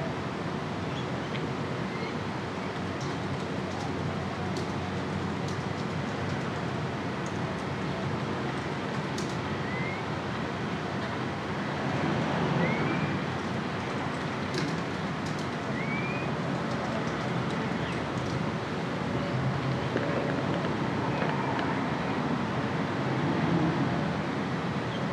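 A front room with the sounds of a front yard drifting in: a steady rumble of passing traffic fills the whole stretch, swelling slightly around the middle and near the end. Short rising bird chirps cut through now and then, with faint clicks above.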